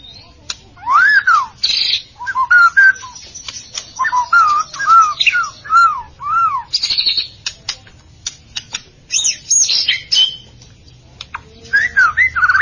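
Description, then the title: White-rumped shama song of clear, arched whistled notes repeated in a steady series, interspersed with higher chattering phrases and sharp clicks. "Kicau Murai Batu"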